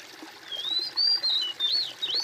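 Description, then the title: Bird song: a smooth whistled phrase of gliding notes that rise and dip in loops, over faint hiss. "kOMPILASI suara bird"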